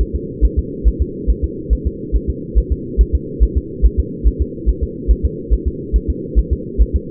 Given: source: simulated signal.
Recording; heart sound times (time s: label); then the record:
fetal heart sounds
0.01 s: S1
0.15 s: S2
0.45 s: S1
0.59 s: S2
0.88 s: S1
1.02 s: S2
1.30 s: S1
1.44 s: S2
1.73 s: S1
1.87 s: S2
2.16 s: S1
2.30 s: S2
2.58 s: S1
2.72 s: S2
3.01 s: S1
3.15 s: S2
3.43 s: S1
3.57 s: S2
3.86 s: S1
4.00 s: S2
4.27 s: S1
4.41 s: S2
4.69 s: S1
4.83 s: S2
5.11 s: S1
5.25 s: S2
5.54 s: S1
5.68 s: S2
5.96 s: S1
6.10 s: S2
6.39 s: S1
6.53 s: S2
6.82 s: S1
6.96 s: S2
From the record:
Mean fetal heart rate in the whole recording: 140 bpm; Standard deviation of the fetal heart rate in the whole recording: 2 bpm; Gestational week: 34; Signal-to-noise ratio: -4.1 dB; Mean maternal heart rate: no maternal heart sound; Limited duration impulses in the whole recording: absent